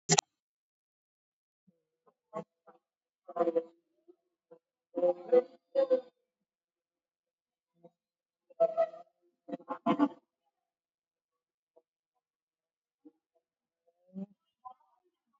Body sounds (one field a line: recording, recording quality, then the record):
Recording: sustained vowel as in boot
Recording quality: poor, much background noise or distortion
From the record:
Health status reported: COVID-19 positive, mild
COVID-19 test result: positive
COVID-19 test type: RT-PCR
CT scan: taken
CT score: 6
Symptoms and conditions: cough, cold, fatigue, muscle pain, another respiratory illness, hypertension, diabetes, ischaemic heart disease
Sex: female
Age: 63 years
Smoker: no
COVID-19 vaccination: both doses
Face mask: worn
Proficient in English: yes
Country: India